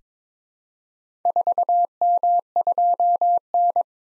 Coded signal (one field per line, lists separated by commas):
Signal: Morse code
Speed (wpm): 21 wpm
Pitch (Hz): 700 Hz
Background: none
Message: 4M2N